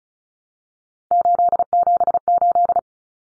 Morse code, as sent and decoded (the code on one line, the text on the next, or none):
---.. --... ---..
878